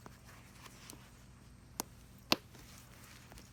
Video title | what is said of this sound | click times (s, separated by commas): 2012 Chevrolet Suburban Seat Removal and Seat Foam And Cover Swap | you can hear it snapping in there | 1.8 s, 2.3 s